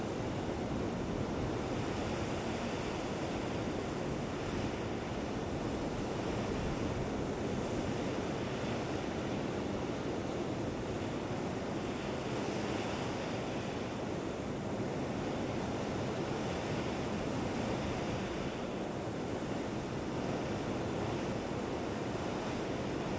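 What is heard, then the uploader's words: A wind storm roars without pause, a dense, steady rushing weighted toward the low end, with faint gusty swells every few seconds. Mars Wind Storm Sounds.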